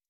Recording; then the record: hydrophone in a shrimp aquaculture tank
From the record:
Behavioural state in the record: stressed